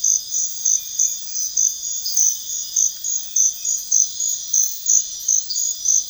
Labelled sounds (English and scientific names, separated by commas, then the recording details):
none
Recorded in pastures near Puerto Asís, Putumayo, Colombia, on 4 March 2025 at 04:30
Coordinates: 0.502, -76.324
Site GP07